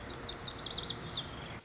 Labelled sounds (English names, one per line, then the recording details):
Lazuli Bunting
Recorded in Sonoma County, California